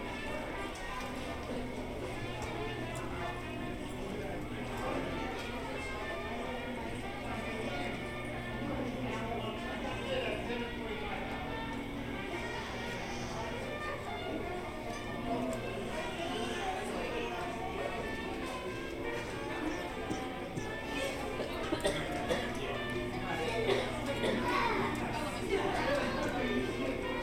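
Hotel lobby ambience with a steady wash of overlapping voices, a low constant hum underneath, and occasional clatter and footsteps rising toward the end.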